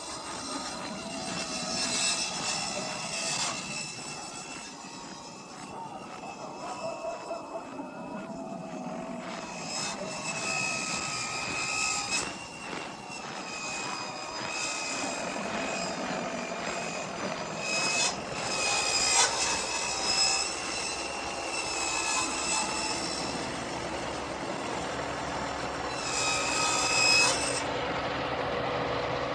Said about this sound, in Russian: Иван идет по заснеженному предприятию лесозаготовки.